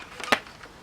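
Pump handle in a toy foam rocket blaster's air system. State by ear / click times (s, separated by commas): seated / 0.3 s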